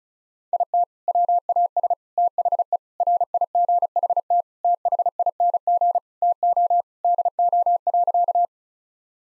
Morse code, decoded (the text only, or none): IT WAS THE RIGHT THING TO DO.